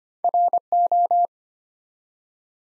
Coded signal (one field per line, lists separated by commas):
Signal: Morse code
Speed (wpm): 25 wpm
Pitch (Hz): 700 Hz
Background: none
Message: RO